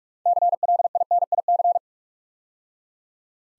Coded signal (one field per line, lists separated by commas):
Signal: Morse code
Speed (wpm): 47 wpm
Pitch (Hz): 700 Hz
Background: none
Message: CLINIC